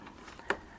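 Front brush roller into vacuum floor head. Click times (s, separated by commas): 0.5 s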